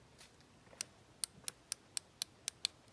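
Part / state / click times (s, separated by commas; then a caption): torque-limiting driver handle on a fastener / torque reached / 1.2 s, 1.5 s, 1.7 s, 2.2 s, 2.5 s, 2.7 s. A preset 15 inch-pound torque-limiting driver handle is turned on a fastener until it reaches its set value. Its clutch then slips with sharp, bright clicks at 1.2, 1.5, 1.7, 2.2, 2.5 and 2.6 seconds, confirming that the limiter clicks at its setting. A fainter click is also heard near 0.8 seconds and again at the very end.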